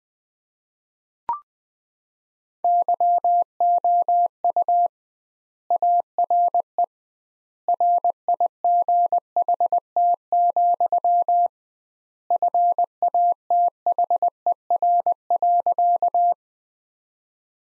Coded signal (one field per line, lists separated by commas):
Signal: Morse code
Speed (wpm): 20 wpm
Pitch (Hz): 700 Hz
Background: none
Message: YOU ARE RIGHT, FATHER.